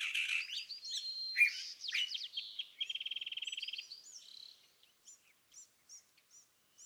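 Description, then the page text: California thrasher song opening with harsh, mixed notes and a short rattling trill, ending in a series of soft, evenly spaced high chirps. Song at dawn, excerpted from a longer dawn session on day 1, repeating a theme of notes the thrasher chose that morning; March 9, 2017, Montaña de Oro State Park, Los Osos, California. "Birdsong for the Curious Naturalist. California thrasher. Song, excerpted from a longer dawn session on day 1. listen for the repeated theme of notes that the thrasher has chosen to use this morning. March 9, 2017. Montaña de Oro State Park, Los Osos, California"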